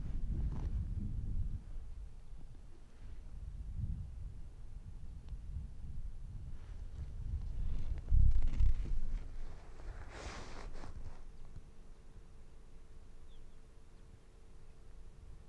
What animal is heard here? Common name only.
Arctic Fox